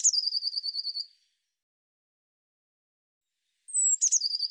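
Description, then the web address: Eurasian blue tit calling: a fast churring trill fades out, then after a pause a high thin falling whistle leads into another quick scolding rattle. "cianscape birddata Deverinetal 2025 File cleaned normalized Bird Cy Ca"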